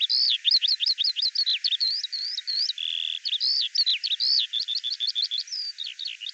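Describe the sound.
Bird song made of sharp, down-slurred notes repeated quickly in bursts, broken by a brief steady buzzy note partway through.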